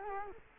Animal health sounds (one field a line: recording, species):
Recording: mosquito wingbeat signal from an infrared sensor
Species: Culex quinquefasciatus